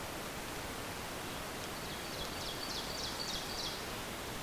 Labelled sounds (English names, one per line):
Ovenbird song